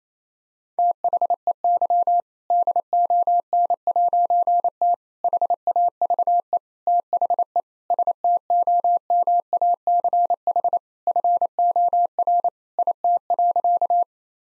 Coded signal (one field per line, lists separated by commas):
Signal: Morse code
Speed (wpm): 28 wpm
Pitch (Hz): 700 Hz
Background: none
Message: THEY DON'T HAVE THE STOMACH FOR IT.